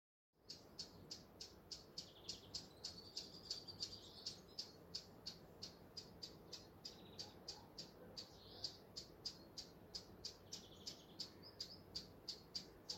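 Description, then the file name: Eurasian blackcap repeating sharp, dry tack notes roughly three per second for the whole stretch, slightly uneven in spacing, over a quiet hissy background. "Sylvia atricapilla"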